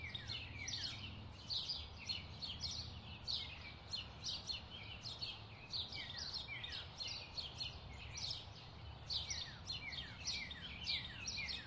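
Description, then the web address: Birds: continuous bird chirping chorus, rapid overlapping high tweets with no break, over a soft low rumble. Bird chirping ambience. "SFXBible animals-birds-chirp-ambience"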